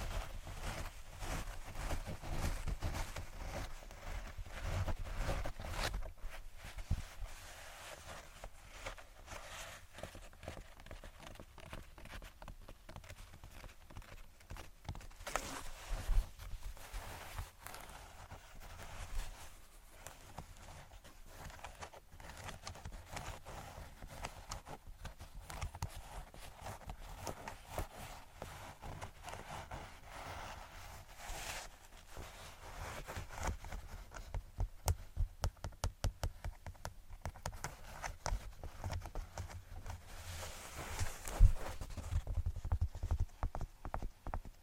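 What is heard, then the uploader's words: Tapping and scratching run through the whole stretch as a dense, irregular patter of small knocks with scraping between them, sometimes falling into a clip-clop rhythm. A low rumble sits underneath, and louder bursts stand out around 15, 31 and 41 seconds. Tapping & Scratching.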